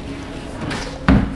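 A clip-in fitting is pushed firmly into a wooden wardrobe unit. After a quiet stretch of low background noise, one sharp, loud click lands at 1.0 s. The fitting has seated home.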